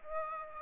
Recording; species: mosquito wingbeat signal from an infrared sensor; Aedes aegypti